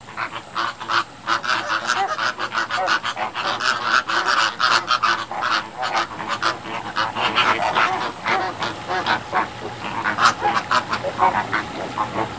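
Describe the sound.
Frogs calling in a dense chorus of rapid, clucking, duck-like notes that overlap continuously, with a steady high hiss running underneath throughout.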